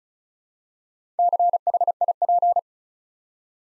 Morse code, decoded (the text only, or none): CHIP